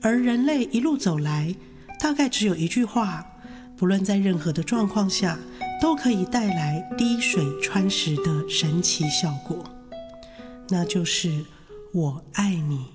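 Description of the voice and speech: An adult female radio host speaks Mandarin Chinese in typical speech.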